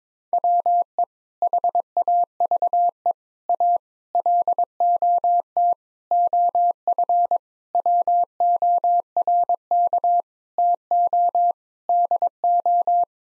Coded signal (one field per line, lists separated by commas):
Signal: Morse code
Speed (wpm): 21 wpm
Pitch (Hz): 700 Hz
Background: none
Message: WE HAVE A LOT OF WORK TO DO